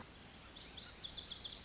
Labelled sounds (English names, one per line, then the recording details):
Lazuli Bunting
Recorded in Sonoma County, California